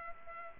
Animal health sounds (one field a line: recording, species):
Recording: mosquito wingbeat signal from an infrared sensor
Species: Culex pipiens